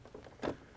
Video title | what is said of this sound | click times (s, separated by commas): How to Reset a Gaggia Anima Brew Unit - Solves Drip Tray and Brew Unit Insertion Problems | push it in and it doesn't lock into place at all | none